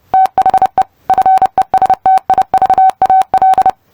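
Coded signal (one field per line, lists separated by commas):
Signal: Morse code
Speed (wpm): 30 wpm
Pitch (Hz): 760 Hz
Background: none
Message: THE FESTIVAL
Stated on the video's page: Morse code practice drill for copying and comprehending while retaining everything.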